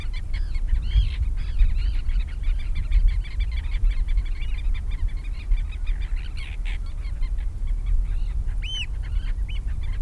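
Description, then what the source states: Gulls giving short honking and mewing calls in a busy flock, one clearer cry near the end, over a low rumble. Several seagulls near the sea.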